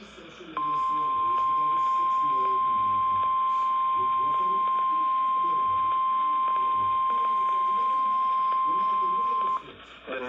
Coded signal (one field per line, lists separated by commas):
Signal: Emergency Alert System (SAME) tones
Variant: 1050 Hz attention tone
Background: speech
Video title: More Warnings mostly severe thunderstorm NOAA Weather Radio Omaha